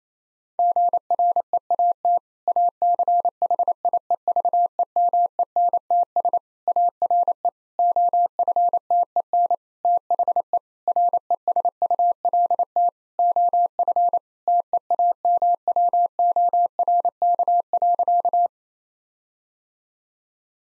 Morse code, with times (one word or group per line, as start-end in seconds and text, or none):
0.6-2.2 GREAT
2.5-6.4 ACHIEVEMENTS
6.7-7.5 ARE
7.8-9.5 OFTEN
9.8-10.6 THE
10.9-12.9 RESULT
13.2-14.2 OF
14.5-18.5 TEAMWORK.